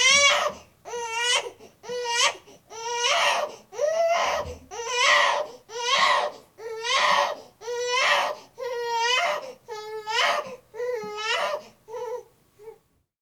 Baby Crying Long.